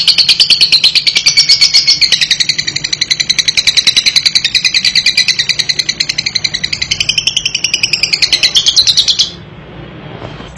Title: MASTERAN KHUSUS UNTUK LOVEBIRD PAUD DAN MUDA, PASTI LANGSUNG NYAUT LABET PAUDNYA IKUT NGETIK